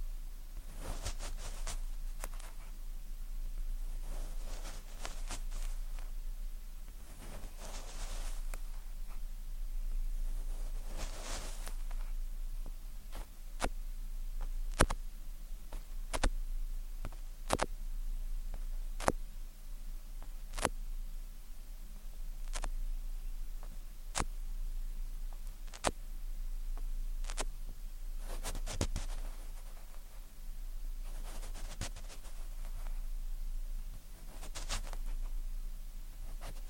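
Tweezers during ear cleaning make soft rustles and sharp tapping clicks, most frequent mid-clip, over a low steady hum throughout.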